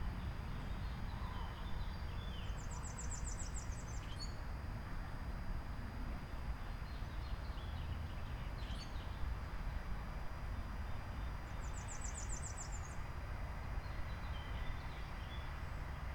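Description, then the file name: Birds chirping: two quick, very high trills of rapid notes roughly nine seconds apart plus a few faint chirps, heard over a steady low-frequency rumble. Recorded outside. "Birds Chirping outside Krucifix Productions"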